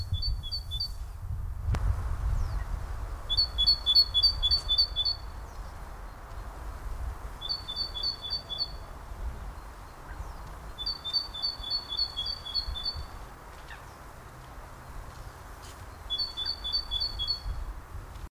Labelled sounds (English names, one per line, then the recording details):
Great Tit
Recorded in the wild
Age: adult
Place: Karower Teiche, Naturpark Barnim, Berlin, DE
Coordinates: 52.6222, 13.4597
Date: 2003-03-15 14:59
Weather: sunny, 7°C
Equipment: Nagra SN, Kopie Uher 4000 Report Monitor
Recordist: Tembrock, Günter
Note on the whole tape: Diverse Rufformen